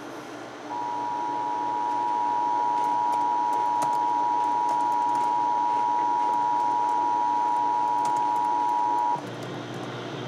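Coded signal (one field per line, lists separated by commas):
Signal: Emergency Alert System (SAME) tones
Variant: 853 and 960 Hz attention tone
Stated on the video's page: Severe thunderstorm warning alert carried over AM/FM radio.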